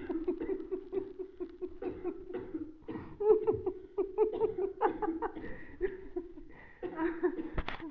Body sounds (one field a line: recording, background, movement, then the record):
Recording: laughter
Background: a bystander coughing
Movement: sitting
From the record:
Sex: female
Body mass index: 21.8 kg/m2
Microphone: on the chest, facing the body